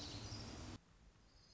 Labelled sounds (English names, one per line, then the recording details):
Orange-crowned Warbler
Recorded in Sonoma County, California